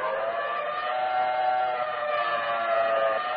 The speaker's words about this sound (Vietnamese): còi báo động còn đương dút lên dút xuống ngoài cửa sổ